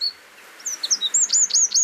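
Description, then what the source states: Eurasian Wren song, a fast series of very high, loud whistled notes. Song likened to an alarm clock; very loud for a bird weighing about 10 grams.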